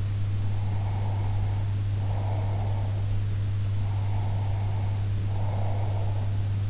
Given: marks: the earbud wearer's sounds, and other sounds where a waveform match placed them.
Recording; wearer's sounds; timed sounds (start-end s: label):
sounds in sleep by an in-ear microphone; breath
0.50-3.01 s: breath
3.78-6.30 s: breath